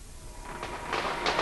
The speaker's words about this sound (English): Aren't those fireworks beautiful? I love Bonfire Night. Please to remember the 5th of November. Gunpowder, treason and plot. That's what we say on Guy Fawkes Day. What's that one? It's a Roman candle. It's changing colour. Isn't it lovely?